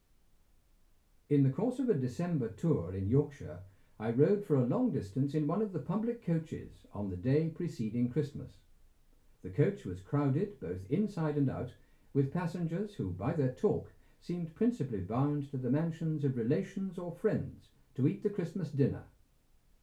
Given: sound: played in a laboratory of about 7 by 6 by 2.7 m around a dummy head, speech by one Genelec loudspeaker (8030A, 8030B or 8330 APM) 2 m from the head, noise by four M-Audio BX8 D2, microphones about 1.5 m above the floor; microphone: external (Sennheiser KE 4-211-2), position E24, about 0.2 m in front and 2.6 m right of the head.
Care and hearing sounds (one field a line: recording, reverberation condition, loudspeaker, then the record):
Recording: male speech in English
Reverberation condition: low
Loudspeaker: 90 degrees to the right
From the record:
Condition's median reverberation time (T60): about 310 ms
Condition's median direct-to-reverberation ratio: about 3.5 dB